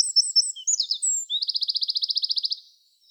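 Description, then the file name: Eurasian wren song: a shrill burst of high twittering notes, then a rapid, even, ringing trill of many notes that stops abruptly. "Troglodytes troglodytes"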